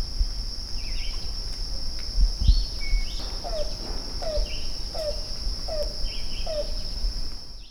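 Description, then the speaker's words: Yellow-billed Cuckoo calling: a run of five downslurred cooing notes in the second half, with scattered higher bird chips and a constant shrill insect drone. Recorded around sunrise on August 9th in Blacksburg, Virginia; it rained that day. "That was the call of a yellow-billed cuckoo, recorded around sunrise on August 9th in Blacksburg."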